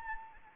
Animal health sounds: mosquito wingbeat signal from an infrared sensor; Anopheles gambiae

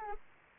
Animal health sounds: mosquito wingbeat signal from an infrared sensor; Anopheles arabiensis

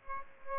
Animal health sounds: mosquito wingbeat signal from an infrared sensor; Aedes aegypti

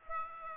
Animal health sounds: mosquito wingbeat signal from an infrared sensor; Aedes aegypti

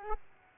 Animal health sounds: mosquito wingbeat signal from an infrared sensor; Aedes aegypti

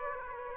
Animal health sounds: mosquito wingbeat signal from an infrared sensor; Aedes aegypti

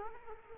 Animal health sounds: mosquito wingbeat signal from an infrared sensor; Culex quinquefasciatus

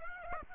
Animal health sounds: mosquito wingbeat signal from an infrared sensor; Aedes aegypti

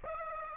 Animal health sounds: mosquito wingbeat signal from an infrared sensor; Aedes aegypti

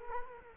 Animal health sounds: mosquito wingbeat signal from an infrared sensor; Culex quinquefasciatus

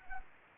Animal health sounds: mosquito wingbeat signal from an infrared sensor; Anopheles arabiensis

